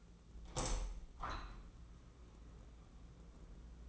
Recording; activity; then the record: daily activity, microphone in the room; open window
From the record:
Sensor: 1